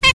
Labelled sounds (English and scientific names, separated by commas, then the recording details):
Zebra Finch (Taeniopygia guttata) stack call
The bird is a male
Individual mal2